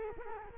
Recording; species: mosquito wingbeat signal from an infrared sensor; Culex quinquefasciatus